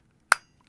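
The end of a power lead is pushed into the power input on the underside of a DECT/WiFi base station for a Grandstream WP810 WiFi handset. After a quiet start, a single sharp, bright click at 0.3 s marks the plug seating, followed by two faint small ticks near 0.6 and 0.7 s. The connector is seated.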